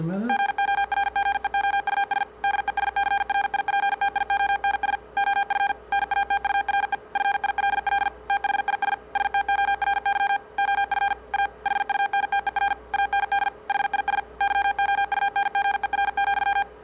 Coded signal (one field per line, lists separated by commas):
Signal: Morse code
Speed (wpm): 50 wpm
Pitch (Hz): 800 Hz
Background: none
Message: GORGEOUS DESCRIPTIONS OF NATURE FILL THIS STORY OF A HUNTER AND HIS YOUNGER,